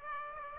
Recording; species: mosquito wingbeat signal from an infrared sensor; Aedes aegypti